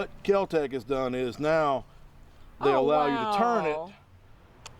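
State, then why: Seated. Someone talks while turning the rotating handguard and barrel assembly of a Kel-Tec Sub 2000 folding pistol-caliber carbine so it can fold with the optic still mounted. A short tick at 4.7 s is heard as the rotated handguard locks into place.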